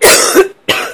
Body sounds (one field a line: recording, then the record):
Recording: coughing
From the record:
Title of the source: 34 coughing up crap again